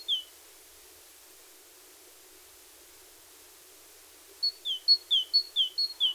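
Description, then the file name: Great tit song over a steady hiss: one brief phrase at the start, a long quiet pause, then a run of paired high-then-lower whistled notes repeated rapidly. "Parus major"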